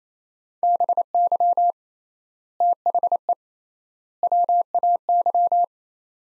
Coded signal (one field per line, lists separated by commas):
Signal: Morse code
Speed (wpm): 28 wpm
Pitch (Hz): 700 Hz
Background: none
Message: BY THE WAY